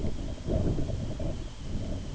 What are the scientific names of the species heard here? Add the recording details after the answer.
none. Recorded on Arctic tundra, site IGLO-B, on 23 June 2018. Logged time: 11:59